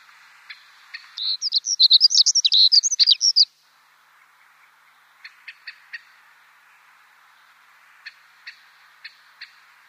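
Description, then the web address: Siberian accentor song, one quick burst of high, scratchy warbling notes for about two seconds, followed by scattered thin notes. "Schulze Peter Siberian Accentor song"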